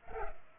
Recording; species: mosquito wingbeat signal from an infrared sensor; Culex pipiens